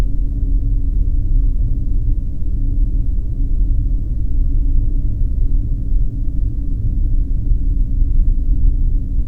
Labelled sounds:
flare stack
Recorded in the Arctic National Wildlife Refuge, Alaska, on 3 September 2019 at 10:25
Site 39

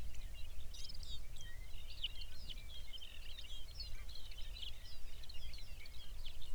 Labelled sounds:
songbird
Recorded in the Arctic National Wildlife Refuge, Alaska, on 23 May 2019 at 05:02
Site 49

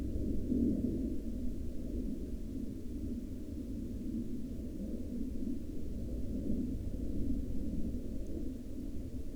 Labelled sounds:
aircraft
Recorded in the Arctic National Wildlife Refuge, Alaska, on 13 May 2019 at 02:13
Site 35

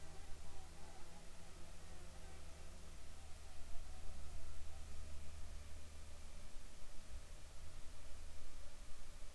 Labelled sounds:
insects
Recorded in the Arctic National Wildlife Refuge, Alaska, on 7 July 2019 at 19:31
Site 41

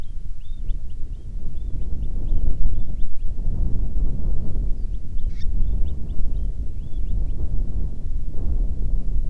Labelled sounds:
bird
wind
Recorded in the Prudhoe Bay oil fields, Alaska, on 10 July 2019 at 09:46
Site 11

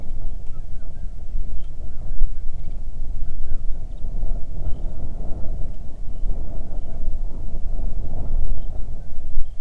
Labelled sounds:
songbird
wind
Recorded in the Prudhoe Bay oil fields, Alaska, on 31 July 2019 at 07:34
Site 24

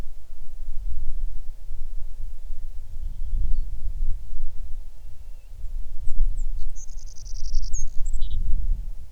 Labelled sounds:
songbird
wind
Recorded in the Arctic National Wildlife Refuge, Alaska, on 6 July 2019 at 00:58
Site 39

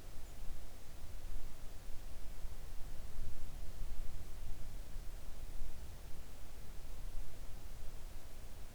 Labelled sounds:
near silence
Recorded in the Arctic National Wildlife Refuge, Alaska, on 3 August 2019 at 05:39
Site 41

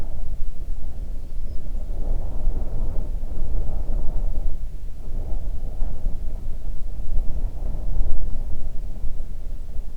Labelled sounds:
songbird
wind
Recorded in the Arctic National Wildlife Refuge, Alaska, on 3 June 2019 at 04:45
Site 37

